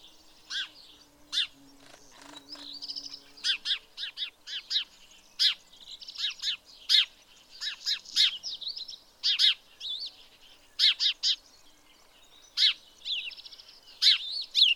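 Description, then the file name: House sparrow chirping runs in a long, busy series of sharp notes, often in quick pairs and triplets. "Passer domesticus"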